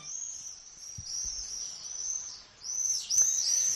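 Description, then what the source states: Common swift screaming: shrill, very high buzzy screams running almost without a break, a short lull, then more screams. Played in a radio piece; swifts return in spring and are abundant in the towns of La Rioja.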